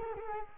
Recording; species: mosquito wingbeat signal from an infrared sensor; Culex quinquefasciatus